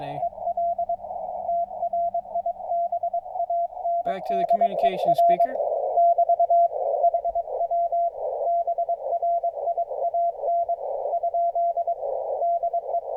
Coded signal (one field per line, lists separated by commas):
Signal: Morse code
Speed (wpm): 22 wpm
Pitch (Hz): 690 Hz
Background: speech, radio noise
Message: EL TRIBANDER <BT> HW BRIAN ? DE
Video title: Tuned CW Speaker Comparison